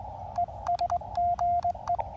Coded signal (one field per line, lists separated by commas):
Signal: Morse code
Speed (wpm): 21 wpm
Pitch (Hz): 690 Hz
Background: radio noise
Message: ES GE